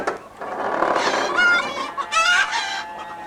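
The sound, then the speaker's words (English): Several chickens in a henhouse cluck and squawk over one another in a busy, continuous chorus, with a couple of higher, drawn-out calls rising above the steady clucking. “Claw, cluck.”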